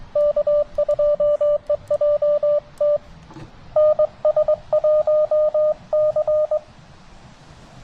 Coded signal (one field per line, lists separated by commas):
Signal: Morse code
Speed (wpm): 23 wpm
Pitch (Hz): 590 Hz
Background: none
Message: K2EJT NS1C